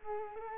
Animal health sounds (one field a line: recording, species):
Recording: mosquito wingbeat signal from an infrared sensor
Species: Culex quinquefasciatus